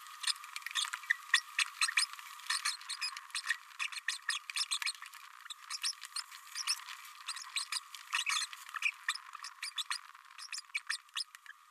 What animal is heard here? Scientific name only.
Forpus passerinus